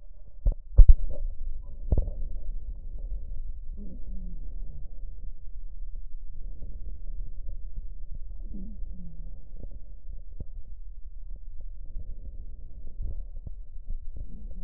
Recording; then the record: lung sounds by stethoscope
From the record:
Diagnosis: emphysema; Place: left posterior upper chest